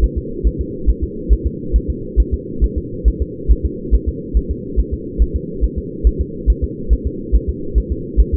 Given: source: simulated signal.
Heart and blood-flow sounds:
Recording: fetal heart sounds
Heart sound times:
0.04 s: S1
0.18 s: S2
0.47 s: S1
0.61 s: S2
0.90 s: S1
1.04 s: S2
1.33 s: S1
1.47 s: S2
1.76 s: S1
1.90 s: S2
2.20 s: S1
2.34 s: S2
2.64 s: S1
2.78 s: S2
3.08 s: S1
3.22 s: S2
3.52 s: S1
3.65 s: S2
3.95 s: S1
4.09 s: S2
4.37 s: S1
4.51 s: S2
4.79 s: S1
4.93 s: S2
5.22 s: S1
5.36 s: S2
5.64 s: S1
5.78 s: S2
6.07 s: S1
6.21 s: S2
6.50 s: S1
6.64 s: S2
6.93 s: S1
7.07 s: S2
7.36 s: S1
7.49 s: S2
7.78 s: S1
7.92 s: S2
8.20 s: S1
8.34 s: S2
From the record:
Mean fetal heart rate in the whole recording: 140 bpm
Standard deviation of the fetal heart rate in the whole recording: 2 bpm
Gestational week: 34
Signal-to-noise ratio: -4.3 dB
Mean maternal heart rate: 72 bpm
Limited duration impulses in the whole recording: absent

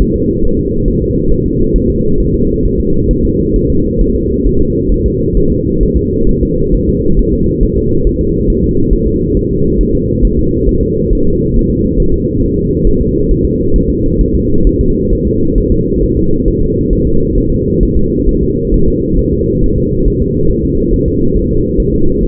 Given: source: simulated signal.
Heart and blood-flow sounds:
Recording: fetal heart sounds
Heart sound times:
0.02 s: S1
0.16 s: S2
0.45 s: S1
0.59 s: S2
0.88 s: S1
1.02 s: S2
1.32 s: S1
1.46 s: S2
1.76 s: S1
1.90 s: S2
2.20 s: S1
2.34 s: S2
2.66 s: S1
2.80 s: S2
3.11 s: S1
3.25 s: S2
3.56 s: S1
3.70 s: S2
4.01 s: S1
4.15 s: S2
4.47 s: S1
4.61 s: S2
4.92 s: S1
5.06 s: S2
5.37 s: S1
5.51 s: S2
5.83 s: S1
5.97 s: S2
6.29 s: S1
6.43 s: S2
6.75 s: S1
6.89 s: S2
7.19 s: S1
7.33 s: S2
7.63 s: S1
7.77 s: S2
8.07 s: S1
8.21 s: S2
8.50 s: S1
8.64 s: S2
8.93 s: S1
9.07 s: S2
9.37 s: S1
9.51 s: S2
9.81 s: S1
9.95 s: S2
10.25 s: S1
10.39 s: S2
10.69 s: S1
10.83 s: S2
11.13 s: S1
11.27 s: S2
11.56 s: S1
11.70 s: S2
12.00 s: S1
12.14 s: S2
12.43 s: S1
12.58 s: S2
12.87 s: S1
13.01 s: S2
13.31 s: S1
13.45 s: S2
13.76 s: S1
13.90 s: S2
14.21 s: S1
14.35 s: S2
14.67 s: S1
14.81 s: S2
15.13 s: S1
15.27 s: S2
15.58 s: S1
15.72 s: S2
16.03 s: S1
16.17 s: S2
16.48 s: S1
16.62 s: S2
16.93 s: S1
17.07 s: S2
17.38 s: S1
17.52 s: S2
17.83 s: S1
17.97 s: S2
18.29 s: S1
18.43 s: S2
18.74 s: S1
18.88 s: S2
19.19 s: S1
19.33 s: S2
19.64 s: S1
19.78 s: S2
20.08 s: S1
20.22 s: S2
20.51 s: S1
20.65 s: S2
20.94 s: S1
21.08 s: S2
21.37 s: S1
21.51 s: S2
21.80 s: S1
21.94 s: S2
22.23 s: S1
From the record:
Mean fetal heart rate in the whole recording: 135 bpm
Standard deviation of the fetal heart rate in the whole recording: 3 bpm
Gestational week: 36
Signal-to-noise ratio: -16.4 dB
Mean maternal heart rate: 72 bpm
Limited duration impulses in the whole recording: present

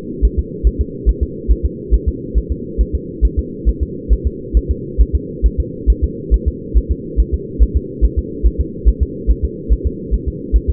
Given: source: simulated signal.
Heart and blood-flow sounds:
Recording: fetal heart sounds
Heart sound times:
0.25 s: S1
0.39 s: S2
0.67 s: S1
0.81 s: S2
1.09 s: S1
1.23 s: S2
1.51 s: S1
1.66 s: S2
1.94 s: S1
2.08 s: S2
2.38 s: S1
2.52 s: S2
2.81 s: S1
2.95 s: S2
3.25 s: S1
3.39 s: S2
3.69 s: S1
3.83 s: S2
4.13 s: S1
4.27 s: S2
4.57 s: S1
4.71 s: S2
5.01 s: S1
5.15 s: S2
5.46 s: S1
5.60 s: S2
5.90 s: S1
6.04 s: S2
6.34 s: S1
6.48 s: S2
6.77 s: S1
6.91 s: S2
7.20 s: S1
7.34 s: S2
7.62 s: S1
7.77 s: S2
8.04 s: S1
8.19 s: S2
8.47 s: S1
8.60 s: S2
8.88 s: S1
9.03 s: S2
9.31 s: S1
9.45 s: S2
9.72 s: S1
9.87 s: S2
10.14 s: S1
10.28 s: S2
10.56 s: S1
10.70 s: S2
From the record:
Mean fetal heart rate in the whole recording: 140 bpm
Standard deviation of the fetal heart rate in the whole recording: 2 bpm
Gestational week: 34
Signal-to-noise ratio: -4.1 dB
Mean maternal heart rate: no maternal heart sound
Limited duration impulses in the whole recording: absent

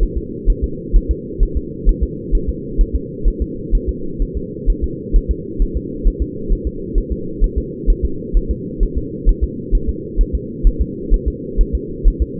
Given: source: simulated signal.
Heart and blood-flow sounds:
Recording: fetal heart sounds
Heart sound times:
0.03 s: S1
0.17 s: S2
0.50 s: S1
0.64 s: S2
0.96 s: S1
1.11 s: S2
1.43 s: S1
1.57 s: S2
1.89 s: S1
2.03 s: S2
2.35 s: S1
2.49 s: S2
2.81 s: S1
2.95 s: S2
3.28 s: S1
3.42 s: S2
3.75 s: S1
3.89 s: S2
4.22 s: S1
4.37 s: S2
4.70 s: S1
4.84 s: S2
5.16 s: S1
5.31 s: S2
5.62 s: S1
5.77 s: S2
6.07 s: S1
6.22 s: S2
6.52 s: S1
6.67 s: S2
6.98 s: S1
7.12 s: S2
7.44 s: S1
7.58 s: S2
7.90 s: S1
8.05 s: S2
8.37 s: S1
8.51 s: S2
8.83 s: S1
8.97 s: S2
9.29 s: S1
9.44 s: S2
9.75 s: S1
9.89 s: S2
10.21 s: S1
10.35 s: S2
10.67 s: S1
10.81 s: S2
11.14 s: S1
11.28 s: S2
11.61 s: S1
11.75 s: S2
12.07 s: S1
12.22 s: S2
From the record:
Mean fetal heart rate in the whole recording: 130 bpm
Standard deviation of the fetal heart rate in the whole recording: 2 bpm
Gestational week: 38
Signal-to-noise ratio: -4.3 dB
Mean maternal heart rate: 72 bpm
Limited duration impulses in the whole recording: absent

